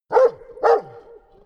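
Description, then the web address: Labrador Retriever barking, two barks about half a second apart, each trailing into a reverberant tail that fades over the next half second. Bark with added reverb. "soundpool sounds natur-tiere hunde"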